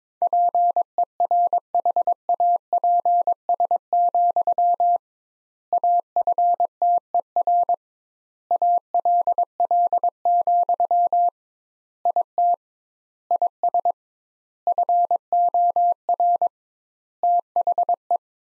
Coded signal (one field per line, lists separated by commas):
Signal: Morse code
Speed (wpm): 22 wpm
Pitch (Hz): 700 Hz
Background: none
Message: PERHAPS, AFTER ALL, IT IS FOR THE